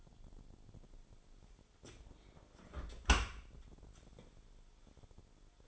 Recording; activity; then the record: daily activity, microphone in the room; close dishwasher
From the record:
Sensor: 5